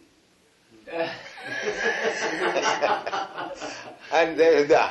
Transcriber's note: laughter